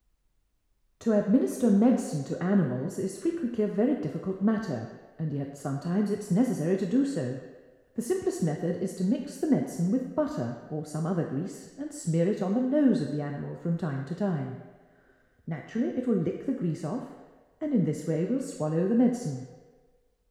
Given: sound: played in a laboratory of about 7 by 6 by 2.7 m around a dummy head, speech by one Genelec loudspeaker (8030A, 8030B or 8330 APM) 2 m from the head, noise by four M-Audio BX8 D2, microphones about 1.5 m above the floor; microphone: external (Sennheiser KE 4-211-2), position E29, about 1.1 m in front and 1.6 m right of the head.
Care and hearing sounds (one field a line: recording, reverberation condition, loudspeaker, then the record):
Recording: female speech in English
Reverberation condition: high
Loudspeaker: 60 degrees to the right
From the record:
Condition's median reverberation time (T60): about 1300 ms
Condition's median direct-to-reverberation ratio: about -4.0 dB